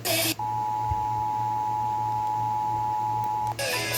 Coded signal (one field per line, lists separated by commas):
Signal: Emergency Alert System (SAME) tones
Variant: 853 and 960 Hz attention tone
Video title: REUPLOAD | EAS #101/112 | Minnesota's Required Monthly Test - 06/07/2023